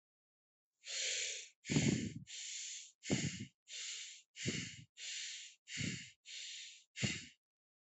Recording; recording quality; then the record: shallow breathing; excellent, no background noise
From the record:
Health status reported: healthy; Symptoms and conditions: none ticked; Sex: male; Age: 23 years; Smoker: not ticked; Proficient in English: yes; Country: India